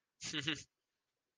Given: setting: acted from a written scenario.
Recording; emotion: vocal sound without words; amusement